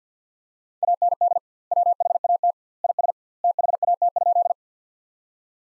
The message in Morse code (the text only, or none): AND WHAT IS THAT?